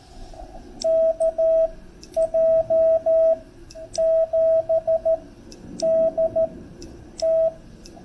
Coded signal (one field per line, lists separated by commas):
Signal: Morse code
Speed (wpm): 13 wpm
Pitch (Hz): 650 Hz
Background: radio noise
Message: KJ7DT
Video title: Ham Radio Shenanigans - POTA - K-2726 - Crowders Mountain State Park, N. Carolina - KO4GAR w/ FT8